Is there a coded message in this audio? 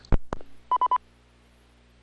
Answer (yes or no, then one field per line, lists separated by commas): no